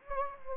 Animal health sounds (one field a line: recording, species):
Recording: mosquito wingbeat signal from an infrared sensor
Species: Anopheles gambiae